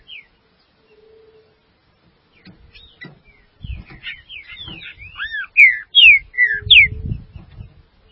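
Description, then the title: Green-winged saltator song, a quiet run of short notes building into loud slurred whistles, with soft low rustling thumps underneath. "Trinca Ferro"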